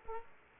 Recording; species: mosquito wingbeat signal from an infrared sensor; Aedes aegypti